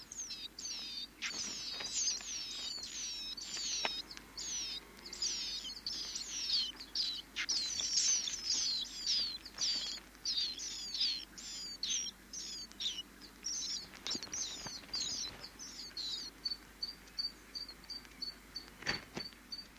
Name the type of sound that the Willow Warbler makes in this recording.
call